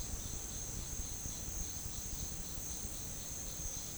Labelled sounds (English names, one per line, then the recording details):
none
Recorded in pastures near Puerto Asís, Putumayo, Colombia, on 30 June 2025 at 11:30
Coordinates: 0.466, -76.322
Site GP07